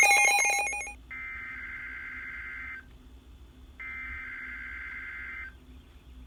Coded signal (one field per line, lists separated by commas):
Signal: Emergency Alert System (SAME) tones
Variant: header bursts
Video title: Required Weekly Test | EAS 110